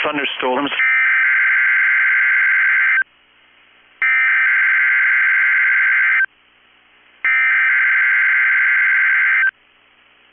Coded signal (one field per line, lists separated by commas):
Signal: Emergency Alert System (SAME) tones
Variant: header bursts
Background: speech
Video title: 9/14/22 - KEC65 Required Weekly Test (EAS #653)